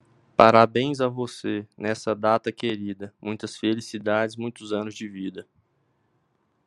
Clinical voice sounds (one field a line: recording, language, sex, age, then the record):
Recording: short text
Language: Brazilian Portuguese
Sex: male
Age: 30 to 39 years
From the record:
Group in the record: control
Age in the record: 30 years